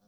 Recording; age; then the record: pig call; piglet (1 to 25 days)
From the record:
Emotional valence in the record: positive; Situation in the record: reunion after long isolation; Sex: male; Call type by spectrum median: low-frequency call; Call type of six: low-frequency tonal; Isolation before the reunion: 8 minutes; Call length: 0.08 s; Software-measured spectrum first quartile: 302 Hz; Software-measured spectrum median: 875 Hz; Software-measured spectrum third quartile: 6808 Hz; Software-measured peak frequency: 200 Hz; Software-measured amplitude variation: 15 dB a second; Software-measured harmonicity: 5.6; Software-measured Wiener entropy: -3.00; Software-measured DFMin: 689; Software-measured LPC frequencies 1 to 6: 539, 1407, 3416, 4306, 5672, 7323 Hz